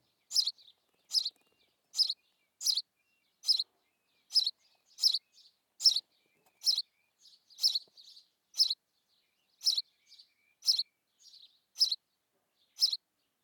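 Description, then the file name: House sparrow uttering a long series of sharp chirps roughly every second, with soft faint notes in between. "Passer domesticus"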